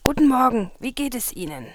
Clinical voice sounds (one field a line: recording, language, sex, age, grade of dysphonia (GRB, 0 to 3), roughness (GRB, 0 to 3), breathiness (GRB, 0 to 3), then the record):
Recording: spoken sentence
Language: German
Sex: female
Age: 20 to 29 years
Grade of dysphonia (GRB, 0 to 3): 2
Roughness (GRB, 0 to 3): 1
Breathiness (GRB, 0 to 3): 2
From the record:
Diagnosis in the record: psychogenic dysphonia, hyperfunctional dysphonia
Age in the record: 26 years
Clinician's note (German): Mit Aphonie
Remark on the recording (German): Am Anfang des Satzes ist ein Knaksen.